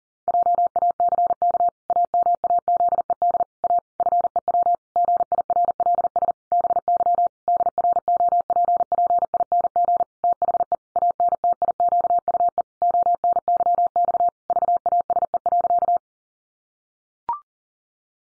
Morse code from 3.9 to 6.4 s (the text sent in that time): FEW GIRLS